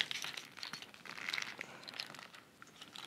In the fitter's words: and you'll hear it snap in place they get a nice rock solid